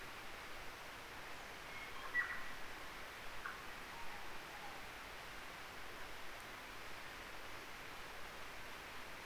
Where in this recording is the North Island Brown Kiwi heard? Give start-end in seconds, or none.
none